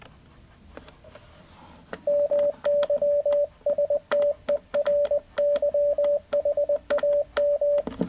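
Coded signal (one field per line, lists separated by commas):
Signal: Morse code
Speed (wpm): 20 wpm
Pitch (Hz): 580 Hz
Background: radio noise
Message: MYSTERYHAM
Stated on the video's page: Budget iambic dual paddle automatic key, QU-7025.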